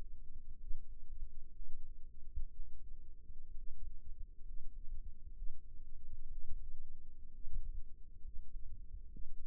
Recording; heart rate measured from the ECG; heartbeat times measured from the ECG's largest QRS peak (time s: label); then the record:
heart sounds by microphone in the right ear; 63 bpm
0.57 s: heartbeat
1.51 s: heartbeat
2.51 s: heartbeat
3.55 s: heartbeat
4.43 s: heartbeat
5.34 s: heartbeat
6.29 s: heartbeat
7.31 s: heartbeat
8.21 s: heartbeat
9.10 s: heartbeat
From the record:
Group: healthy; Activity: rest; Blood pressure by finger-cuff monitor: 90/52 mmHg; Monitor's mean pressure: 63 mmHg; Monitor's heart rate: 58 bpm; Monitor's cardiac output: 5.9 L/min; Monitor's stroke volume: 93 mL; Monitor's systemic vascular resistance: 730 dyn s/cm5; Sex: male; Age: 22 years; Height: 181 cm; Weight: 79 kg